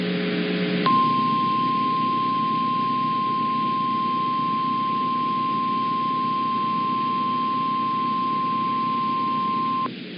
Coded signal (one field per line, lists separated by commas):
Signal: Emergency Alert System (SAME) tones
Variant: 1050 Hz attention tone